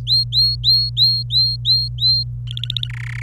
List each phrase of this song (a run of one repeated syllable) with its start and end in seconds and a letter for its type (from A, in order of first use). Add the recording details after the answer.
0.07-2.23 A, 2.47-2.88 B, 2.90-3.22 C. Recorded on 26 April 2018 at 10:02. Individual llb3